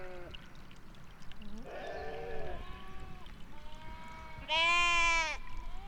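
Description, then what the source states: Sheep bleating, several wavering calls of differing pitch, with a loud, harsh, drawn-out bleat near the end. Sheep at Val d'Ajol.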